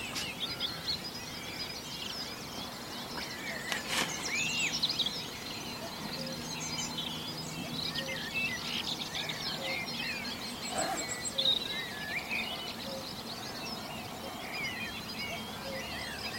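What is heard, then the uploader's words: A dense dawn chorus of robins, blackbirds, blackcaps and thrushes, with many bright, overlapping phrases chirping and warbling throughout, with a brief sharp click near four seconds and a low steady hum underneath. The stunning dawn chorus at Knepp Wildlands. It's early and you're sitting outside a small tent deep the Knepp Wildlands of Sussex. A pre-dawn glow smudges the eastern sky. Like a spring storm torrent, the blended voices of robins, blackbirds, blackcaps and thrushes wash away the woodsmoke tang of last night's campfires.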